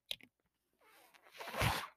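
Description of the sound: Two soft clicks, then a rising airy whoosh of airflow from a home mechanical ventilator delivering a breath.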